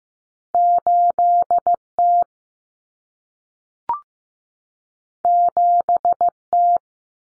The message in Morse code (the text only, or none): 8T 7T